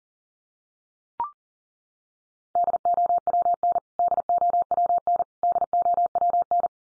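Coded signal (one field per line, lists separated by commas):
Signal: Morse code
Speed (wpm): 40 wpm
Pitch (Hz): 700 Hz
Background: none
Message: DOWN DOWN DOWN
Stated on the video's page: Morse head-copy drill of the 100 most common English words at 40 wpm, each sent three times, then spoken, then sent again.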